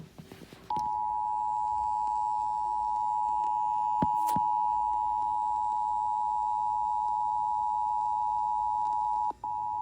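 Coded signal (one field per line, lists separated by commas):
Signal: Emergency Alert System (SAME) tones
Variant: 853 and 960 Hz attention tone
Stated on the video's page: National test SAME tones caught live on a radio receiver.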